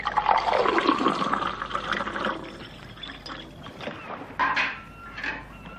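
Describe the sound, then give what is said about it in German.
Water pours and gurgles into a container, a loud rushing splash at first that tapers off, followed by a few smaller sloshes and trickles near the end. “Hoffentlich fallen ein paar Groschen für den ab, der das Wasser reinschleppen muss.”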